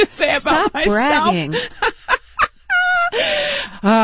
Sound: laughter